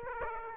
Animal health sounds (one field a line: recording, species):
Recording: mosquito wingbeat signal from an infrared sensor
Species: Aedes aegypti